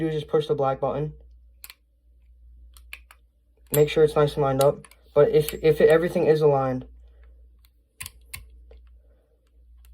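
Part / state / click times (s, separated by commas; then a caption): revolver cylinder into the air gun frame / not seated / none. Someone talks while pushing the cylinder of a Remington 1875 BB/pellet revolver replica air gun back into its frame, with short sharp clicks and taps around 1.6, 2.9, 8.0 and 8.4 seconds. The cylinder is misaligned and fails to go in, so nothing has seated or clicked into place yet.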